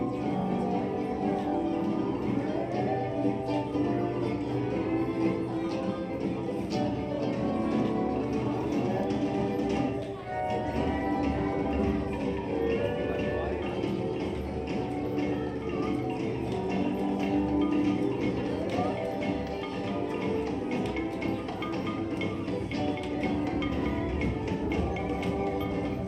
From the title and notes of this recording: We wait in queue in front of the happiest of places in the magic kingdom and board a boat to visit the world!